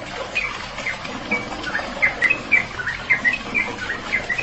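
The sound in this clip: Bird giving squeaky chirps, short high notes about once a second, sometimes doubled, against constant hissing background noise.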